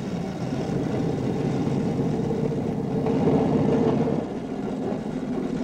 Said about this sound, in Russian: Они сворачивают в лес. Проезжают самодельный указатель направления. Направо Курск, налево Орел. Едут по лесу.